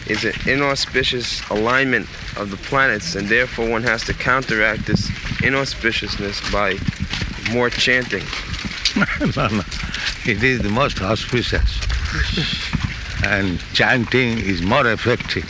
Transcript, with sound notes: is a inauspicious alignment of the planets, and therefore one has to counteract this inauspiciousness by more chanting.
[laughs] No, no. It is the most auspicious. And chanting is more effective.